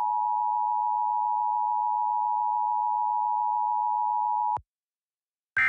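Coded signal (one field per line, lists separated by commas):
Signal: Emergency Alert System (SAME) tones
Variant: 853 and 960 Hz attention tone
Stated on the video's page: Fictional EAS scenario.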